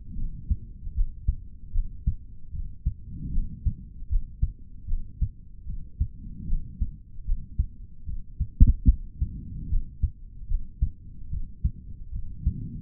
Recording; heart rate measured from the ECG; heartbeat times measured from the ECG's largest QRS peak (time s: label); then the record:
heart sounds by stethoscope; 75 bpm
0.15 s: heartbeat
0.94 s: heartbeat
1.72 s: heartbeat
2.51 s: heartbeat
3.31 s: heartbeat
4.09 s: heartbeat
4.87 s: heartbeat
5.66 s: heartbeat
6.46 s: heartbeat
7.25 s: heartbeat
8.05 s: heartbeat
8.87 s: heartbeat
9.69 s: heartbeat
10.48 s: heartbeat
11.29 s: heartbeat
12.11 s: heartbeat
From the record:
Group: healthy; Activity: rest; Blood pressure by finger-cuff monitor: 94/59 mmHg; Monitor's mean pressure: 73 mmHg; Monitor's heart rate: 75 bpm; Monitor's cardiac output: 4.2 L/min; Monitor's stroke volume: 56 mL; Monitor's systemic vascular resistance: 1250 dyn s/cm5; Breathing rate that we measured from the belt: 20 breaths a minute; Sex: male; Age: 55 years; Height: 167 cm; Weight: 57.2 kg